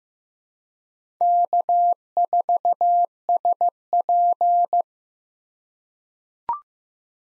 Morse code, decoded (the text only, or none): K4SP